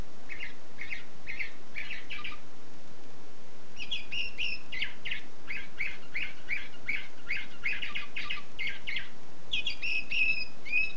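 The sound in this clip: Canary song: a few spaced chirps, then a long series of quick repeated notes, ending in a buzzy trill, with continuous background hiss.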